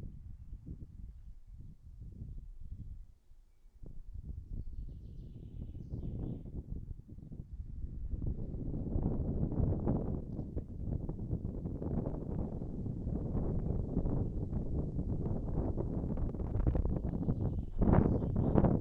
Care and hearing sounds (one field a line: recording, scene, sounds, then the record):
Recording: everyday scene through a hearing-aid microphone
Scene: wind on the microphone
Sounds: wind, birds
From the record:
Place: in front of a rural house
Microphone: behind the ear, right, front